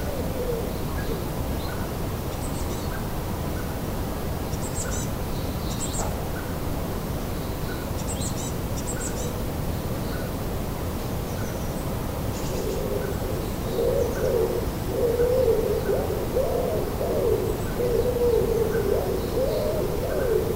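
Birds chirp at sunrise in a Danish city over a steady low traffic rumble. Short, high chirps come in scattered bursts every few seconds, and from about the thirteenth second a lower, hooting call repeats steadily until the end.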